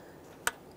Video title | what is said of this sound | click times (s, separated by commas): How to Replace Ignition Coils 2015-2020 Ford F-150 3.5L V6 | press that in listen for a click | 0.5 s